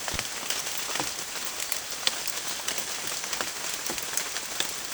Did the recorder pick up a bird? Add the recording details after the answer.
no. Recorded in secondary vegetation near Puerto Asís, Putumayo, Colombia, on 25 June 2025. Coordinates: 0.488, -76.319. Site G094